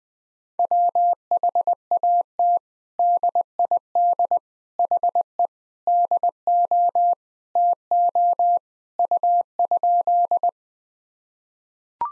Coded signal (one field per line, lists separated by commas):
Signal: Morse code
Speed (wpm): 21 wpm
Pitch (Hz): 700 Hz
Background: none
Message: WHAT DID HE DO TO U?